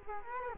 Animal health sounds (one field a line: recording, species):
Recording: mosquito wingbeat signal from an infrared sensor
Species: Culex quinquefasciatus